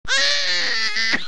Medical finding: Baby crying.